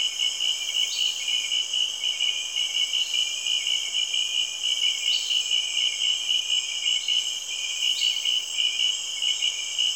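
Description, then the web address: Insects keep up a shrill, layered trill while brief higher notes pop out now and then over the chorus. Rainforest insects, Cameroon, recorded in the early evening. "Sound Effects Library (Africa- The Natural World) Cameroun- Insects Frogs, early evening, rainforest"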